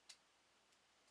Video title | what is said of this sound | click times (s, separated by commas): UNBOXiNG REViEW OF Transformers WFC: Siege Red Heat & Stakeout Micromaster PT. 4 OF 7. | I got one side of the door to lock in place, the other side. | 0.1 s